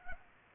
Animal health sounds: mosquito wingbeat signal from an infrared sensor; Culex pipiens

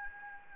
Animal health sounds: mosquito wingbeat signal from an infrared sensor; Anopheles gambiae

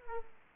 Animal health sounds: mosquito wingbeat signal from an infrared sensor; Aedes aegypti

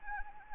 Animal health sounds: mosquito wingbeat signal from an infrared sensor; Anopheles arabiensis

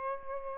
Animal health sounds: mosquito wingbeat signal from an infrared sensor; Aedes albopictus

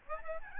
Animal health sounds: mosquito wingbeat signal from an infrared sensor; Aedes albopictus

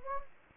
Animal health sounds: mosquito wingbeat signal from an infrared sensor; Anopheles gambiae

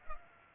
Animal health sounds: mosquito wingbeat signal from an infrared sensor; Culex pipiens

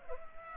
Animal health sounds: mosquito wingbeat signal from an infrared sensor; Culex pipiens

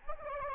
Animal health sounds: mosquito wingbeat signal from an infrared sensor; Aedes albopictus

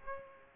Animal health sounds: mosquito wingbeat signal from an infrared sensor; Aedes aegypti

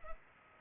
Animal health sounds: mosquito wingbeat signal from an infrared sensor; Culex pipiens

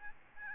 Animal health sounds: mosquito wingbeat signal from an infrared sensor; Aedes albopictus

